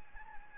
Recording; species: mosquito wingbeat signal from an infrared sensor; Anopheles gambiae